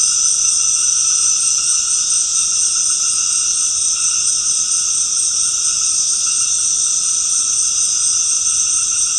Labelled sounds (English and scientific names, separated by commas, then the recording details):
none
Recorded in secondary vegetation near Puerto Asís, Putumayo, Colombia, on 13 March 2025 at 19:00
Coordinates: 0.485, -76.322
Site G040